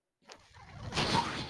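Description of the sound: A soft click, then a rising airy hiss as a home mechanical ventilator pushes a breath, heard as background noise.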